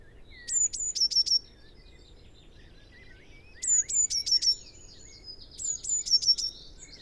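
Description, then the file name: Eurasian blue tit song in three phrases, sharp high notes dropping into a brisk series of repeated notes. "Cyanistes caeruleus"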